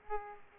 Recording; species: mosquito wingbeat signal from an infrared sensor; Aedes aegypti